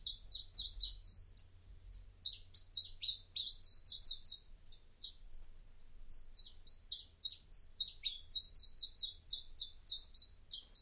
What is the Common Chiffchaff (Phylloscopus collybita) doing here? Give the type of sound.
song